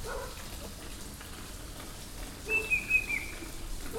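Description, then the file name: Banded bay cuckoo giving a single short phrase of a few high whistled notes that step slightly downward, against steady background noise. "cuckoo-banded-bay Cacomantis-sonneratii"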